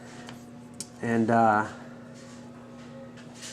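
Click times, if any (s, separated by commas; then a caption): 0.8 s. A spring-loaded retaining band on a W1 wire connector body is worked slowly down past the keyed area. It snaps into its seat with a sharp click at 0.8 s, and the band is seated. A fainter tick comes at 0.3 s, and someone talks briefly around 1.0–1.7 s over a steady low hum.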